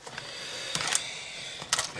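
A small plastic LEGO book piece is pressed into the back of a brick shelf in a LEGO Friends 2026 Horse Stable and Riding Academy 42688 build. A few light taps come at about 0.2, 0.8 and 1.0 seconds. The piece then snaps into place with a sharp click at 1.7 seconds and is seated.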